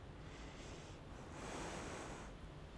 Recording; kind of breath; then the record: one breath in and out by a microphone near the nose and mouth; normal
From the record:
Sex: female